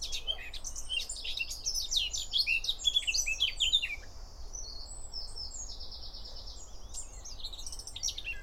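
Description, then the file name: Eurasian blackcap song, a rich, fast warble of varied notes in the first half, followed by softer buzzy trills and a few short chirps. "Sylvia atricapilla"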